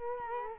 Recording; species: mosquito wingbeat signal from an infrared sensor; Culex quinquefasciatus